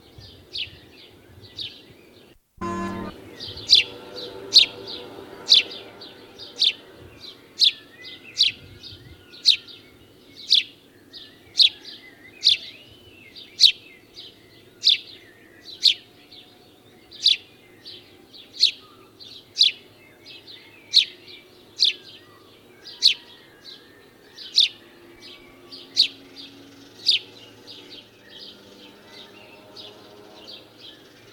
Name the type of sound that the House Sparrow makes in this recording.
call